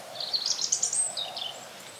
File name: Erithacus rubecula